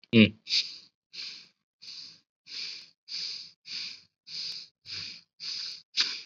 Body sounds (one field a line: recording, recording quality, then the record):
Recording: shallow breathing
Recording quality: excellent, no background noise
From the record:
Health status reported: COVID-19 positive, mild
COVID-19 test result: positive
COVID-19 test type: rapid antigen test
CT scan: not taken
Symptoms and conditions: cough, fever, another condition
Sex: male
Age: 30 years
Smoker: no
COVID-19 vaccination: none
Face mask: worn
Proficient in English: yes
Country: India